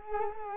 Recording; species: mosquito wingbeat signal from an infrared sensor; Culex quinquefasciatus